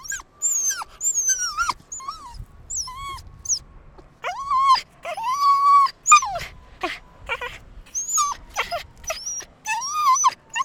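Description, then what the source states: Dogs giving a steady string of high yelps and drawn-out whines that arch up and down, with short gaps and some soft breathy noise between cries. More than one dog, yelping.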